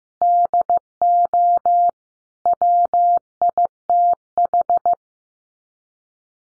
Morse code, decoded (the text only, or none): DO WITH